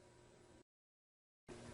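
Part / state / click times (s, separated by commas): washing machine lid switch in its mounting bracket / not seated / none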